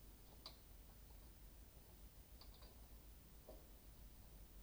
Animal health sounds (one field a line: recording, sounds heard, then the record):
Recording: poultry house recording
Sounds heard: no chicken sound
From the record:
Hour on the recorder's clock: 22